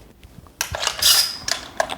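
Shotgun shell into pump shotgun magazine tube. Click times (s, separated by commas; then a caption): 1.8 s. A shotgun shell is pushed into the magazine tube of a Stoeger P3000 Freedom pump shotgun. A burst of metallic scraping and rattling begins around 0.6 s as the shell slides in. The shell stop clicks sharply behind it at 1.8 s, and the shell is seated.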